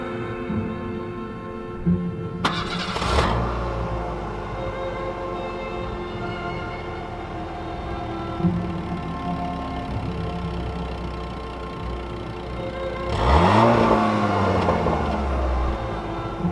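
A car engine is started by its driver: it sputters to life with a sharp burst, settles into a steady, droning idle, then revs loudly with a rising whine near the end. No one speaks.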